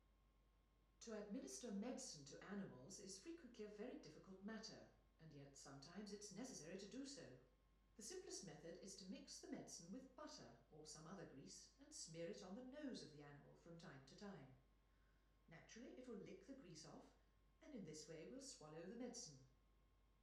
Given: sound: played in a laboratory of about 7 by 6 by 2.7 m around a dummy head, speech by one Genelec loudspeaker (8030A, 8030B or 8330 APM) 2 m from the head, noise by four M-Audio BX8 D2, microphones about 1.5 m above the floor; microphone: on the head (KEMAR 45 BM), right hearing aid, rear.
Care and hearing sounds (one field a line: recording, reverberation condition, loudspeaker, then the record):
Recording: female speech in English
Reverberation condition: medium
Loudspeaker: in front (0 degrees)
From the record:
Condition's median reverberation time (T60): about 510 ms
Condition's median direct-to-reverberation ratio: about -0.5 dB